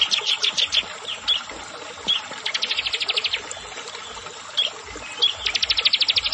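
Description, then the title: Prinia song with fast, evenly spaced buzzy notes in short trills, separated by brief pauses and single chirps. "Ciblek Sawah"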